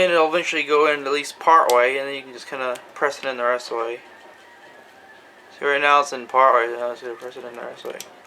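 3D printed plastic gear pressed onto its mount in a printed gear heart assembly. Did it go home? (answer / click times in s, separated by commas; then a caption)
no / none. A 3D printed plastic gear is being pushed, with some twisting, onto its mount in a printed gear heart assembly and sits partway in. Someone talks throughout, with a quieter stretch in the middle. Nothing has seated or clicked yet.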